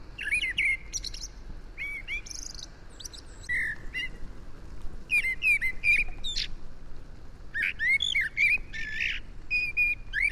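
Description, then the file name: Common blackbird warbling in a fairly continuous run of varied whistled notes and high twittery squeaks, over a steady background hiss. "Turdus merula"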